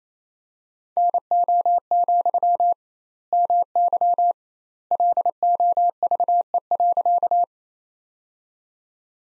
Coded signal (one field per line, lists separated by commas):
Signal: Morse code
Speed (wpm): 27 wpm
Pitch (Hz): 700 Hz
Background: none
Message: NO, MY LOVE.